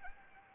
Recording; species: mosquito wingbeat signal from an infrared sensor; Anopheles arabiensis